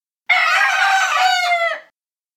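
Chicken: rooster crowing once, a loud harsh harmonic call held steady for about a second and a half before dropping at the end.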